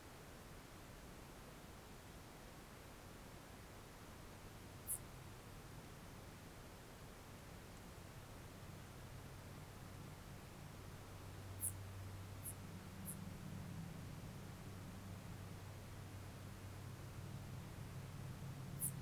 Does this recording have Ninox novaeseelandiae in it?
no